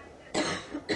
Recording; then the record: coughing mixed with background sound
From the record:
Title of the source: female coughing - coughing sound effects girl